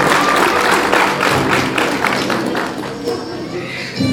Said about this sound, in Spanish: Muy bien. El aplauso de todos ustedes, por favor.